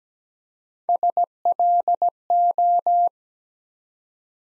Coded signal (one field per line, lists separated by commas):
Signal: Morse code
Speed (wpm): 17 wpm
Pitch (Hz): 700 Hz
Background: none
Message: SLO